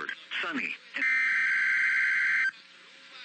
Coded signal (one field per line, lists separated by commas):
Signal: Emergency Alert System (SAME) tones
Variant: header bursts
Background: speech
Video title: Required Weekly Test [EAS #218]